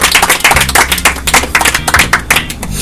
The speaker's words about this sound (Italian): E qua c'è un applauso.